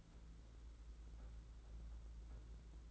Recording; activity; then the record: daily activity, microphone in the room; take from stove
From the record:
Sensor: 3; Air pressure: 992.0 hPa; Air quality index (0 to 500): 228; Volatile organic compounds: 1000 ppm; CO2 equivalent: 7850 ppm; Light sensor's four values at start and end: 24/73/30/25 and 24/73/30/25